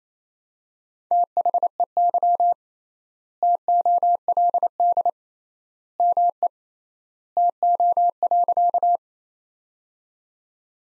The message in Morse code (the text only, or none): THEY TOLD ME TO.